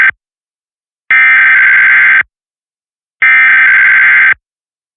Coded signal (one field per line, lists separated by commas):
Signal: Emergency Alert System (SAME) tones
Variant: header bursts